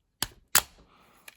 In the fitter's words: Oh, not all the way in, I guess.